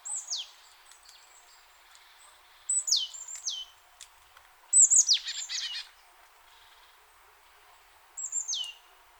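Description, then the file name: Marsh tit calls: short clusters of high, sharply down-slurred notes, repeated at intervals of a few seconds. "Poecile palustris"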